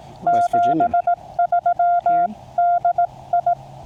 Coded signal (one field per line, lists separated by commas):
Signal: Morse code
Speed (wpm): 18 wpm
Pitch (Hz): 700 Hz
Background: speech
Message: 73 DI